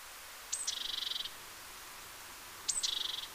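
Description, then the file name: Great tit giving two calls, each a sharp high note followed by a grating, pulsed buzz, with quiet hiss between. "Parus major"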